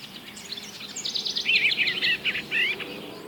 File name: eastern bluebird